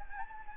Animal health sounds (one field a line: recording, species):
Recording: mosquito wingbeat signal from an infrared sensor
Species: Anopheles gambiae